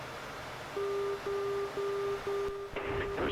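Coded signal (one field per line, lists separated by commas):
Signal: none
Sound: cockpit chime beeps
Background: speech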